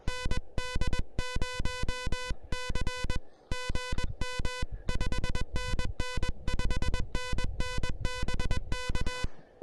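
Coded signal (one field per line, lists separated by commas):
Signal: Morse code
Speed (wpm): 21 wpm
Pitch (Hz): 1000 Hz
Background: music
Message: ND0C GM 5NN 5NN BK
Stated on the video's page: SOTA activation on a summit using the Elecraft KH1 handheld QRP transceiver.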